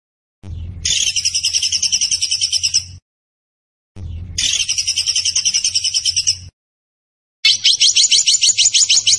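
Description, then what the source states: Zebra finch song: three separate trilled phrases of rapid, buzzy high notes, with pauses between them. Tembakan bird singing actively (gacor); master recording used for training cage birds.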